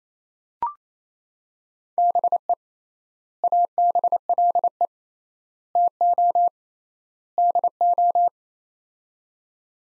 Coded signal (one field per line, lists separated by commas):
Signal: Morse code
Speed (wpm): 28 wpm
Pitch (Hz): 700 Hz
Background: none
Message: BE ABLE TO DO